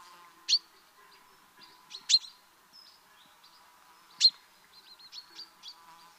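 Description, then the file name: Common chaffinch calls: three sharp, clipped notes spaced irregularly, with softer high twitters and a low steady hum behind. "Fringilla coelebs"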